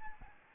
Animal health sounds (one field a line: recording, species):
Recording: mosquito wingbeat signal from an infrared sensor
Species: Aedes albopictus